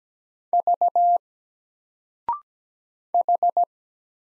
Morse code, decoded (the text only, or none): V H